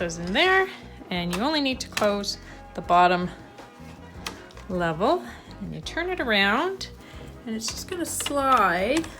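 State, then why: Seated. The bottom lid of the plastic paper cassette for a Canon Selphy CP1300 compact photo printer is closed after photo paper is loaded into it, while someone talks over background music. The lid snaps shut with one sharp hit at 4.3 s and is seated.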